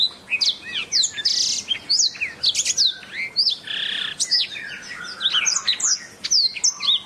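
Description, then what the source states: Oriental magpie-robin song with quick whistled slurs mixed with a few harsher, buzzy notes, running almost continuously. Song from a recording over an hour long.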